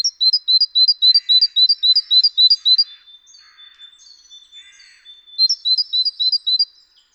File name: Parus major